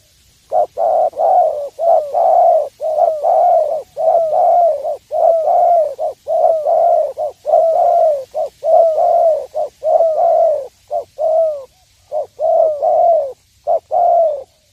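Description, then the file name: Spotted dove cooing in a steady run of short and drawn-out low coos, phrases following each other closely with brief pauses, over a quiet background. "tieng cu dat gay"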